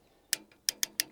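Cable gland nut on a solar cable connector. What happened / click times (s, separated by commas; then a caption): The threaded fitting ratcheted with repeated clicks, showing it reached full tightness / 0.3 s, 0.7 s, 0.8 s, 1.0 s. The cable gland nut on a waterproof solar panel cable connector is tightened with the small plastic spanner from its kit until it is fully tight. It then ratchets with a series of loud, sharp, bright clicks at 0.3, 0.7, 0.8 and 1.0 seconds, with two faint ticks between them, confirming it has reached full tightness.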